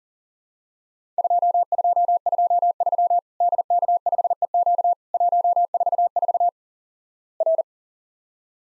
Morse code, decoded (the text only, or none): 2223 DK5EQ 144 R